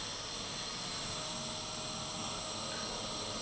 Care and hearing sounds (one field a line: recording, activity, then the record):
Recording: daily activity, microphone in the room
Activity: vacuum cleaning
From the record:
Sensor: 4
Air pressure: 991.8 hPa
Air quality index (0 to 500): 113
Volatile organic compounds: 20 ppm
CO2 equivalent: 2690 ppm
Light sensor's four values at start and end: 19/62/23/23 and 19/62/23/23